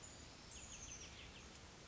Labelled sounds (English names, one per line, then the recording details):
Oak Titmouse
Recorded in Sonoma County, California